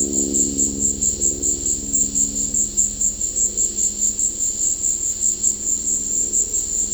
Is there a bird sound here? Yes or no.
no